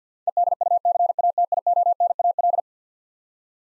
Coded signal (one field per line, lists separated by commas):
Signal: Morse code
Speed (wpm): 50 wpm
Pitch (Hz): 700 Hz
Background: none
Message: EDUCATIONAL